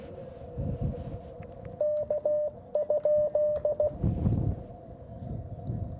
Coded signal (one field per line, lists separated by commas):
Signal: Morse code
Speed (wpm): 16 wpm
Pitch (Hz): 600 Hz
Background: radio noise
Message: K?